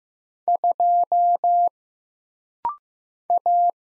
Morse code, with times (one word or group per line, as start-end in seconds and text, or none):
0.5-1.7 2
3.3-3.7 A